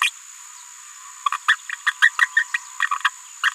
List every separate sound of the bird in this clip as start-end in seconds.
0.01-0.10, 1.26-1.29, 1.32-1.37, 1.48-1.56, 1.86-1.91, 2.02-2.10, 2.21-2.27, 2.36-2.43, 2.54-2.57, 3.43-3.50